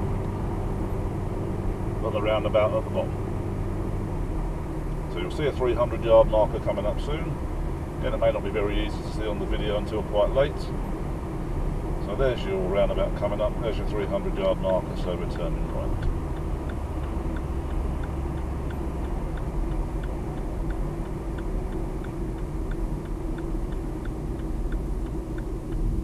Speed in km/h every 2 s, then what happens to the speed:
79, 79, 81, 82, 82, 82, 79, 77, 74, 69, 63, 56, 47.
0-13 steady at about 81. 13-26 slows to 47.